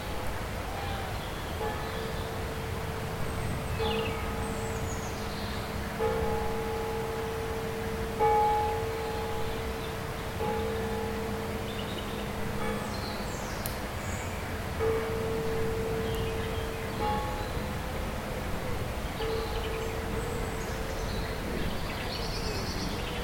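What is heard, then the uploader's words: A river flows steadily throughout, a dense, unbroken rush. A few faint bird calls come and go high above it, sparse. A low droning hum, like an engine, rises and falls in the background. Crecy-Couvé - La Blaise river. The time in which the river is changing, following the upcoming night. The last sounds of the birds, while the flow of water doesn't stop. Recorded by Cristian Estrella.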